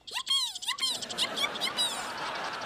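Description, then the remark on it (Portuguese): High-pitched squeaks from a small animal, a pet hamster called Mr. Guincho (Sr. Guincho) in Hannah Montana (European Portuguese dub), chirping in quick, rising and falling bursts, followed by a soft, busy rustling hiss. “Ei, ei, olha, até o Sr. Guincho está contente. Como é que tu sabes? Então, não estás a ouvi-lo?”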